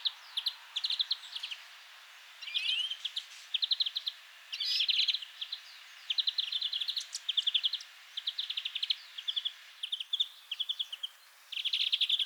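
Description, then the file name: European greenfinch uttering short, fast twittering trills again and again, mixed with a few thin upslurred notes. "Chloris chloris"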